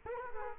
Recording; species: mosquito wingbeat signal from an infrared sensor; Culex quinquefasciatus